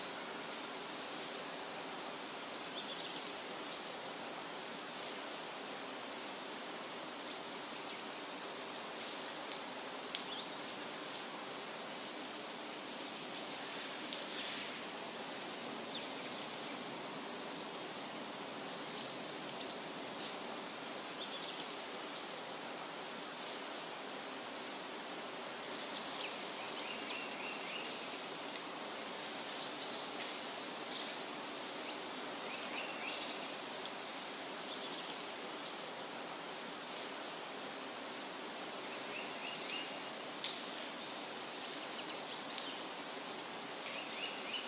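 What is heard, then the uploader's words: A forest at rest, with a steady, even wash of outdoor sound and a faint low hum running throughout. Small bright ticks and brief chirps scatter across the upper range, growing a little busier after about twenty-five seconds, with one sharper click near forty seconds. Forest Relaxation Journey. Peaceful Sounds of the Forest.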